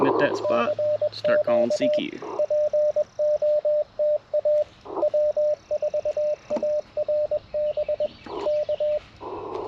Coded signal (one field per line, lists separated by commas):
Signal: Morse code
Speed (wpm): 21 wpm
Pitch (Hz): 590 Hz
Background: speech, radio noise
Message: E CQ POTA W4ARB K